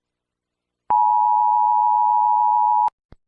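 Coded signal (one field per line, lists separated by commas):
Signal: Emergency Alert System (SAME) tones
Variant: 853 and 960 Hz attention tone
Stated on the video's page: Simulated EAS tornado warning.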